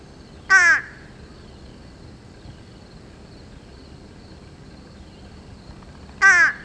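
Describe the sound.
Fish crow calls twice, each a brief nasal caw, separated by a long quiet pause.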